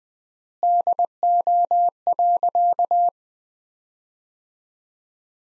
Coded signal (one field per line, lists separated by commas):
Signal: Morse code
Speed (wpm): 20 wpm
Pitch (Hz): 700 Hz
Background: none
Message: DO.